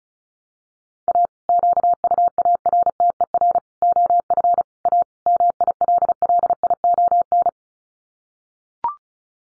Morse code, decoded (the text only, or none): A QUARTER OF A MILLION